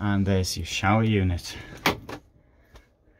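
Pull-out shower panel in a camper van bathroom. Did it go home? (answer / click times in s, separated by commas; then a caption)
yes / 2.8 s. In the bathroom of a 2024 Eura Mobil camper van, someone talks while a fold-out shower unit panel is pulled out and locked into position. After the talking ends, a single short click sounds at 2.8 s as the panel seats in place.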